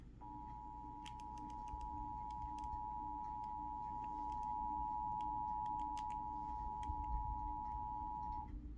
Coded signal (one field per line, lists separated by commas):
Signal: Emergency Alert System (SAME) tones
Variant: 853 and 960 Hz attention tone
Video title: eas svr Eas#127